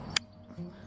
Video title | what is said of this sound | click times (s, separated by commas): boker plus subcom friction folder review | brand new it's gonna take a little while to worm free up just a tiny bit but it does when you push it in if you just listen for the click that's | 0.2 s